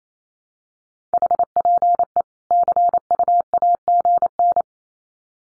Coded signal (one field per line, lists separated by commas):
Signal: Morse code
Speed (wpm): 28 wpm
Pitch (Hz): 700 Hz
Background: none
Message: HPE CU AGN